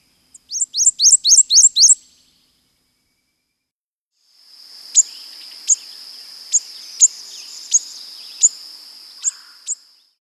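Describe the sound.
Prothonotary warbler song: a quick run of about seven loud, downslurred notes, then after a pause a separate steady high whine broken by sharp ticks.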